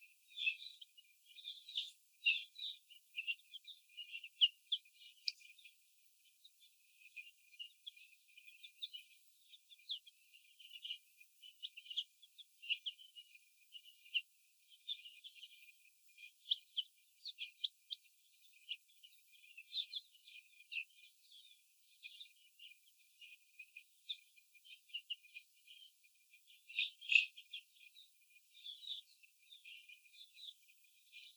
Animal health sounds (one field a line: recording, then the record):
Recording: young laying hens in a cage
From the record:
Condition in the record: after the stressor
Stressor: sudden umbrella opening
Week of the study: 2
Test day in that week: 1